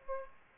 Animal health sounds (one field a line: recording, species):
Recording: mosquito wingbeat signal from an infrared sensor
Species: Aedes aegypti